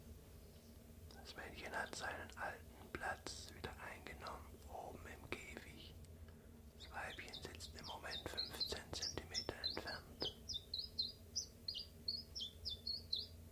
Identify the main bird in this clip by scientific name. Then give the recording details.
Phylloscopus collybita. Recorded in captivity. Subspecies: collybita. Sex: male. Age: adult. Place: Zoologisches Institut Universität Tübingen, Baden-Württemberg, DE. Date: 1963-03-08. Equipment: LGS26. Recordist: Schneider, Hans-Joachim. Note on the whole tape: Rivalengesänge. urspr. Versuchsanordnung: Doppelkäfig mit undurchsichtiger Trennwand: ein Paar (Männchen: blau gelb/gelb, Weibchen: blau gelb/grün) und benachbart ein Weibchen (blau rot/grün). Aufnahmen bis 8:30 Uhr